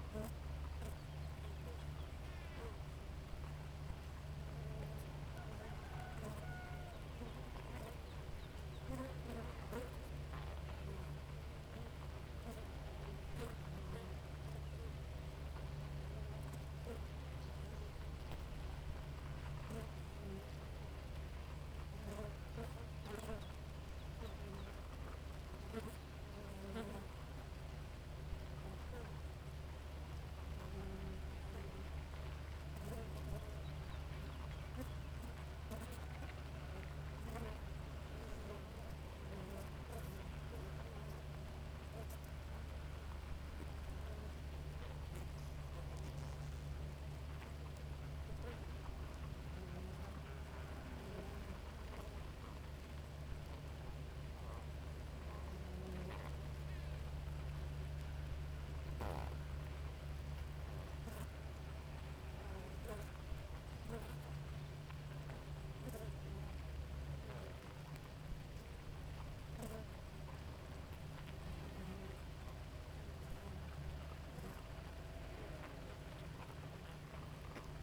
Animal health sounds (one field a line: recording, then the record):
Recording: honeybee colony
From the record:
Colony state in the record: active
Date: 28 July 2017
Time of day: 4:22